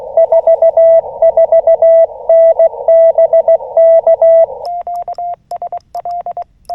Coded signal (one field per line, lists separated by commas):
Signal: Morse code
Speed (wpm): 16 wpm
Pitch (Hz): 2000 Hz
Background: radio noise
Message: 44N BK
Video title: 三脚を使用しない自立型RHM12/ FTX-1F 10W/ 福島県霊山 登山移動運用/ SOTA POTA Activation at Ryozen Prefectural Nature Park